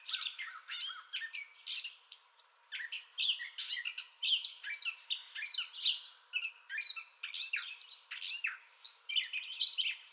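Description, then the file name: Gray catbird song: a rapid medley of varied scratchy, squeaky and whistled phrases with brief gaps between them. Song bout recorded 30 May 2021. "2021-05-30 Gray Catbird Song Bout"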